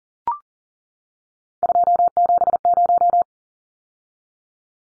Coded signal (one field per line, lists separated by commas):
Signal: Morse code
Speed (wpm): 40 wpm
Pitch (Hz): 700 Hz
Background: none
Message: 270